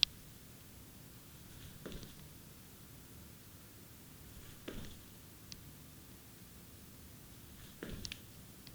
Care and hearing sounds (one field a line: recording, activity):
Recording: daily activity, guitar pickup as the sensor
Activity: jump